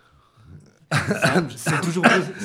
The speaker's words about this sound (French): Je tousse beaucoup.